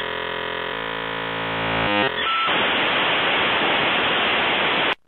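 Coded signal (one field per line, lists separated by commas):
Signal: dial-up modem handshake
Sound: steady buzzy tones for two seconds, brief warbles, then loud steady hiss to the end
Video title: Old modem dial up sound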